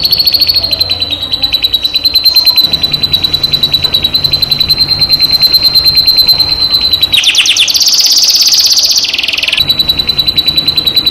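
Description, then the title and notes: Canary song: a continuous fast buzzy trill held at one pitch, breaking into a louder, harsher rolling burst midway, then returning to the steady trill. Training recording played to stimulate birds to sing. "PANCINGAN SUARA MASTERAN KENARI. masteran kicau kenari"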